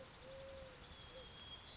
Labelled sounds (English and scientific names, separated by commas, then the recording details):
Eurasian Collared Dove (Streptopelia decaocto)
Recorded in Sonoma County, California